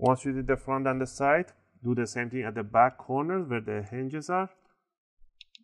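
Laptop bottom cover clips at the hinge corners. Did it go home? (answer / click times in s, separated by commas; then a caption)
released / 5.4 s, 5.5 s. Someone talks, then the bottom cover of a Lenovo Yoga 500 series laptop is pried open at the back corners near the hinges. Its plastic clips release with sharp clicks at 5.4 s and 5.6 s.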